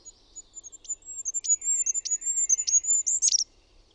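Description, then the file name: Goldcrest song, a very high, thin, rhythmic series of notes ending in a quick flourish. "HIPPIAINEN"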